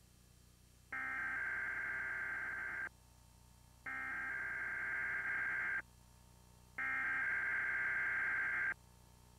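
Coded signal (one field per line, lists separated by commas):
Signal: Emergency Alert System (SAME) tones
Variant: header bursts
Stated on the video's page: Xfinity cable EAS test recorded off air during a Nicktoons broadcast.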